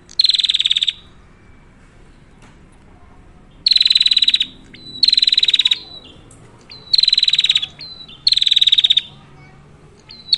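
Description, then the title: Prinia calling in fast, buzzy high-pitched rattling bursts of under a second, repeated mostly every one to two seconds after an initial gap of about three seconds, separated by brief sliding whistles. Female prinia singing a continuous rolling song, used as a lure to prompt quiet prinias to call and as a training model for other birds. "Prenjak Betina Gacor Ngerol. Cocok Buat pancingan Prenjak susah bunyi, maupun masteran Burung Lain."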